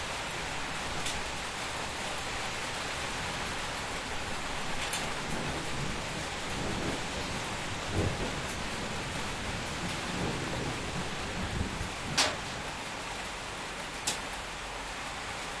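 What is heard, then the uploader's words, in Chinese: Hail and heavy rain pour steadily onto a roof, a dense even hiss with occasional sharper hits near 8, 12 and 14 seconds. 澳大利亚悉尼。Sound Collector: 林恩。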